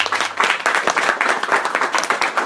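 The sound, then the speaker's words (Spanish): A crowd applauds steadily at the end of a presentation of 145 images, many hands clapping in a dense, continuous patter with no voices standing out. “Ahora me toca a mí dar un fuerte aplauso por gracias a todos ustedes por acompañarme y aguantar 145 imágenes.”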